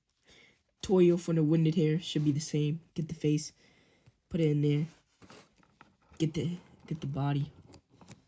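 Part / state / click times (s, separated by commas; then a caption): action figure body onto head assembly / seated / 7.7 s, 8.0 s, 8.1 s. Someone talks while fitting the face into the head and hair piece of a Demoniacal Fit Super Saiyan Blue Gogeta action figure, with light handling sounds around 5.2–5.8 s. The figure's plastic body is then pressed onto the head/face and hair assembly, giving short snaps at 7.7, 8.0 and 8.1 s as it seats in place.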